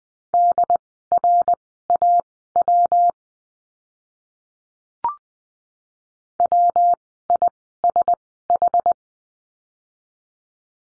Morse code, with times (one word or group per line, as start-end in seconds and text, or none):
0.3-3.1 DRAW
6.4-8.9 WISH